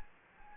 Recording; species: mosquito wingbeat signal from an infrared sensor; Anopheles gambiae